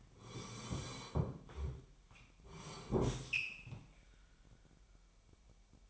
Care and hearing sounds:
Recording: daily activity, microphone in the room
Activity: sit down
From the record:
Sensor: 1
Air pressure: 998.5 hPa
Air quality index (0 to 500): 118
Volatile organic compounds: 3 ppm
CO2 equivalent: 1408 ppm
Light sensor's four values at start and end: 8/19/8/9 and 8/19/8/9

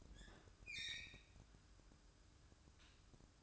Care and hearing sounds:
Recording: daily activity, microphone in the room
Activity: open fridge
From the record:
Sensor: 2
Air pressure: 1007.6 hPa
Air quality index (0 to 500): 49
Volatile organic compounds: 1 ppm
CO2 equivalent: 565 ppm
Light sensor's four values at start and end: 10/24/10/10 and 10/24/10/11

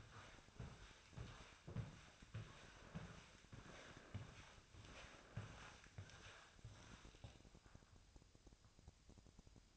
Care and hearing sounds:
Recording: daily activity, microphone in the room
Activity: walk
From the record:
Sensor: 2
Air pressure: 1000.4 hPa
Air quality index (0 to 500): 167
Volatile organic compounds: 3 ppm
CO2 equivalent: 1394 ppm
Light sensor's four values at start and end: 13/36/14/16 and 11/25/11/12

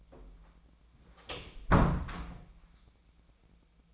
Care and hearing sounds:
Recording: daily activity, microphone in the room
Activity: close door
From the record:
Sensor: 1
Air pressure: 1009.3 hPa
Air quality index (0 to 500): 183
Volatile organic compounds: 4 ppm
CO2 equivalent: 1542 ppm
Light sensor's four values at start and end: 41/110/45/53 and 40/108/45/53

